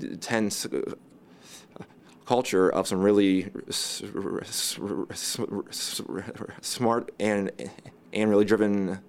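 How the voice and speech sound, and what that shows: Adult man's speech broken by long silent blocks and a repeated, stretched "s" before "smart": an intense stutter.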